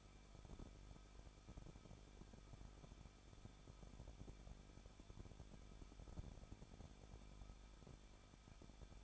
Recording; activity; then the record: daily activity, microphone in the room; no activity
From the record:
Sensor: 5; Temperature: 20.8 degrees Celsius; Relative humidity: 38.5%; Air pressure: 1006.5 hPa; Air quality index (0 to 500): 190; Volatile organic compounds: 20 ppm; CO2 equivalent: 2677 ppm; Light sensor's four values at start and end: 2/3/1/1 and 2/3/1/1